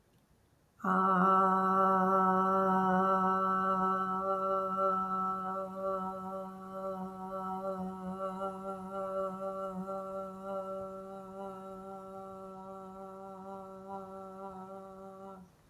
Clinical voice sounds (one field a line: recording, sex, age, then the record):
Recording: vowel held as long as possible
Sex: female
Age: 40 to 49 years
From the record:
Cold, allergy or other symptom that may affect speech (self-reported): no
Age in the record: 48 years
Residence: Georgia, United States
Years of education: 13